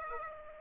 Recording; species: mosquito wingbeat signal from an infrared sensor; Aedes aegypti